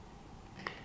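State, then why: Not seated. A hard plastic outer shell of an OtterBox Commuter Series protective case is pressed over an HTC One S smartphone already fitted in its rubber sleeve. Over a low background hiss, two brief sharp ticks occur at about 0.7 s and 0.9 s. Because the fit is tight, the shell does not snap in on this first try, and nothing has seated or clicked yet.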